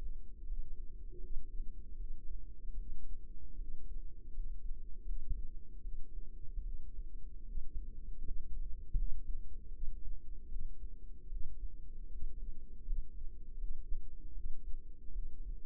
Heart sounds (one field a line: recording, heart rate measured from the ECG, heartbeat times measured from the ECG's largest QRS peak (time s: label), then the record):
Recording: heart sounds by microphone in the right ear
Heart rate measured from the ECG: 78 bpm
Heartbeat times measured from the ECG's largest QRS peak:
0.43 s: heartbeat
1.17 s: heartbeat
1.94 s: heartbeat
2.73 s: heartbeat
3.54 s: heartbeat
4.29 s: heartbeat
5.02 s: heartbeat
5.79 s: heartbeat
6.60 s: heartbeat
7.42 s: heartbeat
8.20 s: heartbeat
8.93 s: heartbeat
9.68 s: heartbeat
10.46 s: heartbeat
11.26 s: heartbeat
12.07 s: heartbeat
12.82 s: heartbeat
13.55 s: heartbeat
14.31 s: heartbeat
15.09 s: heartbeat
From the record:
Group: healthy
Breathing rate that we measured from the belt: 14 breaths a minute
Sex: female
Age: 22 years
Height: 171 cm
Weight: 65.6 kg